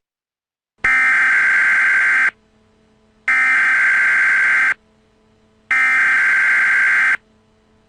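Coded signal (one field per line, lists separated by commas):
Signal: Emergency Alert System (SAME) tones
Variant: header bursts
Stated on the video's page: Fictional EAS scenario.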